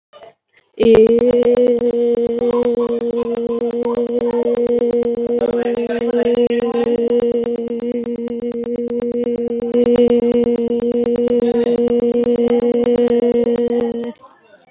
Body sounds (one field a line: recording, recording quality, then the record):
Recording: sustained vowel as in made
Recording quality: excellent, no background noise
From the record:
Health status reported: healthy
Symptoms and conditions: fever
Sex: female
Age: 22 years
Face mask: worn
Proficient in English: yes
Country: India